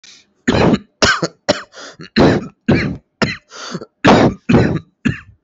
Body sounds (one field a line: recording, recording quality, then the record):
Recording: heavy voluntary cough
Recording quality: excellent, no background noise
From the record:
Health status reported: respiratory illness, not identified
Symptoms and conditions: fever, hypertension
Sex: male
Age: 26 years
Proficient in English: yes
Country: India